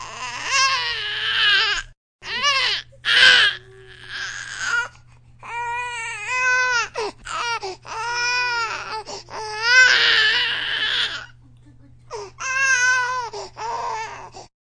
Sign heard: Baby Crying.